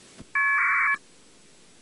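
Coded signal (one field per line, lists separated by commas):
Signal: packet radio (AX.25, as in APRS)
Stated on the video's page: APRS beacon transmitted from a Yaesu VX-8DR handheld, received on an R820T RTL2832 USB dongle.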